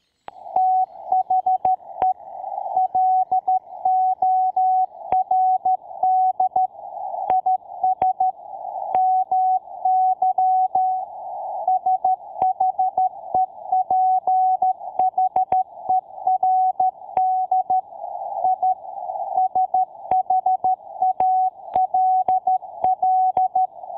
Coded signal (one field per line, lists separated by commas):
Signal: Morse code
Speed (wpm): 13 wpm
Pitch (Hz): 750 Hz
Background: none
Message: THE LORD IS MY SHEPHERD I SHALL